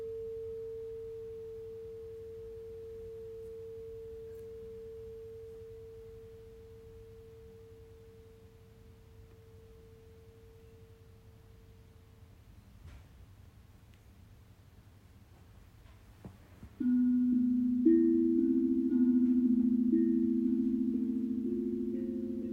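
Tibetan and crystal singing bowls ring out in long pure tones. A single tone fades slowly over the first twelve seconds, then near seventeen seconds a louder, lower bowl sounds with a wavering hum, sustaining to the end.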